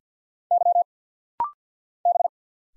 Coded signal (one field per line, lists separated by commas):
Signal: Morse code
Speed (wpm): 50 wpm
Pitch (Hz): 700 Hz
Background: none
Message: Y B